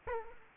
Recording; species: mosquito wingbeat signal from an infrared sensor; Culex quinquefasciatus